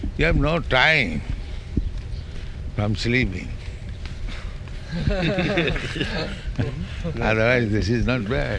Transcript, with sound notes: We have no time from sleeping. [laughter] Otherwise, this is not bad.